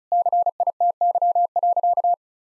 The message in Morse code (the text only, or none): CITY.